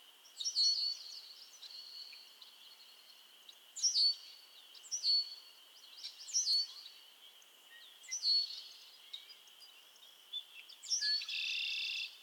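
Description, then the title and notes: Frog chorus of repeated short chirping bursts every few seconds over a continuous high drone, ending with a sustained buzzy trill. Chorus of frogs calling to one another on a summer evening at Miners Marsh, Annapolis Valley, Nova Scotia. "Theraphonia - Frogsong at Miners Marsh. A chorus of frogs croon to one another on an idyllic summer evening in Miners Marsh, Annapolis Valley, Nova Scotia"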